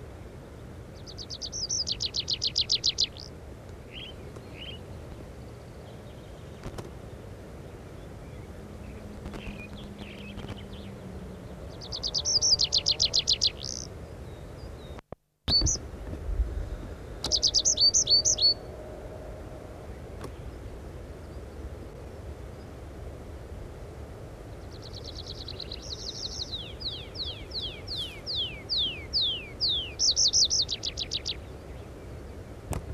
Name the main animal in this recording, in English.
Tree Pipit